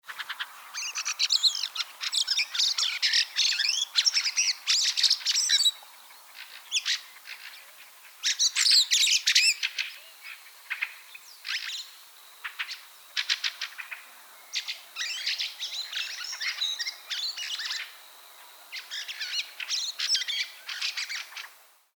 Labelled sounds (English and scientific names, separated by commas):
Fieldfare (Turdus pilaris)